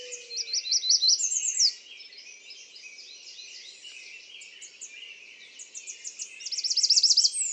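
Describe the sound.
American redstart song: a burst of high repeated notes with a slurred ending, quieter notes in between, then another loud series of sharp notes at the end.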